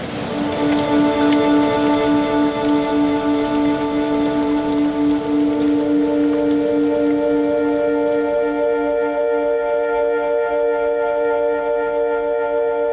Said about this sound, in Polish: Zaczyna się prawdziwa ulewa.